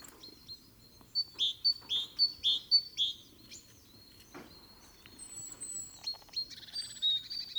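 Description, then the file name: Great tit sounding a row of loud sharp high chirps, then softer thinner notes, with a brief buzzy rattle near the end. "Parus major"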